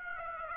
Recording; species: mosquito wingbeat signal from an infrared sensor; Aedes aegypti